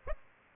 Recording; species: mosquito wingbeat signal from an infrared sensor; Aedes aegypti